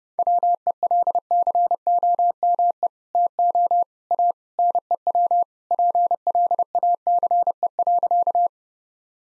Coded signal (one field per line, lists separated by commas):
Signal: Morse code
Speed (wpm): 30 wpm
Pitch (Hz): 700 Hz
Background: none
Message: WELCOME TO A NEW PLACE.